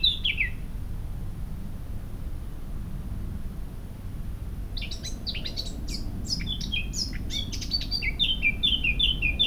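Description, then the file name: Eurasian blackcap song: a brief fluty note, a pause, then a rapid, scratchy warble leading into a series of clear, whistled notes, over a low background hum. "Sylvia atricapilla"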